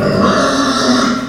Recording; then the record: squeal of a Yucatan mini pig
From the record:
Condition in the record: after surgery on the right vocal fold (resection and tissue-engineered implant); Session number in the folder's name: 12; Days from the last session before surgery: 105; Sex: female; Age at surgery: 19 weeks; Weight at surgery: 25 kg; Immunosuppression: prednisolone